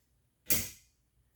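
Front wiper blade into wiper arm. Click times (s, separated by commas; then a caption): 0.5 s. A new front wiper blade for a 2016 Toyota RAV4 (26 inches on the driver's side, 16 on the passenger side) is pushed onto the hook of the wiper arm until it locks. After near silence, a single sharp, bright click sounds at 0.5 s and fades out by about 0.9 s. The blade is fully seated in the arm.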